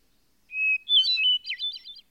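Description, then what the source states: Hermit Thrush sings a steady clear whistle, followed by a rippling, ringing flurry of flute-like notes that rise and fall. Evening hymn heard near a mountain summit by moonlight, with the full moon just above the horizon, from a few rods away; described by naturalist John Burroughs.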